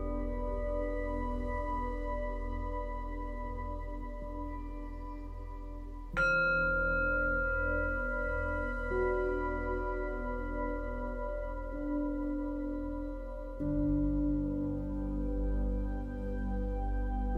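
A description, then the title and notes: Singing bowls ring in long, overlapping tones, with fresh strikes near six and fourteen seconds swelling the bright, humming shimmer before slowly fading. 251Hz Sound Healing Brain Waves - Singing Bowls.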